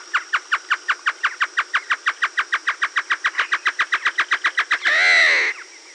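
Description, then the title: Great antshrike, a fast even series of short hollow notes, ending in a harsh drawn-out growling snarl. Subspecies Taraba major stagurus. "LuckyPassaro Completos2Sama. Great Antshrike"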